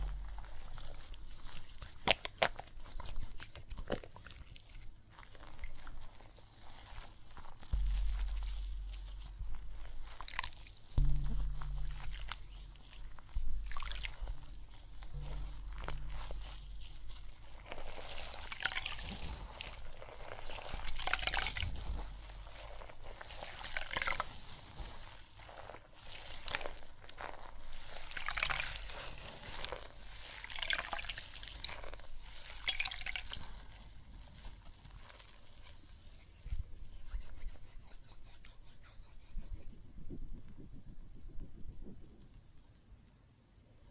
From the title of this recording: Water and Soap Foam Sounds